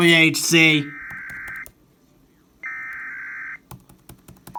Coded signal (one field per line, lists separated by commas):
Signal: Emergency Alert System (SAME) tones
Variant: header bursts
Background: speech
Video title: EAS 114 REQUIRED MONTHLY TEST FOR ALL OF OHIO